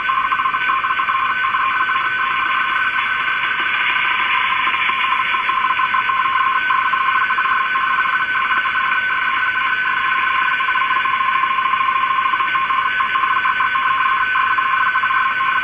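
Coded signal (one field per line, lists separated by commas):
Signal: RTTY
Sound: rapid warbling between two close tones, continuous teleprinter chatter under a hiss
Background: radio static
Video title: Icom IC 9100 - Rtty - Sorcerer 1.1 - 147 khz - DWD See Wetterdienst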